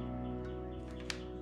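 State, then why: Not seated. Someone tries to press the snap-on top cover of a wiring connector or terminal into place after crimping its wire connection tight with pliers, while wiring an off-grid electrical system. Steady music plays throughout, with one brief sharp sound at about 1.1 s. The cover has not seated or clicked into place yet.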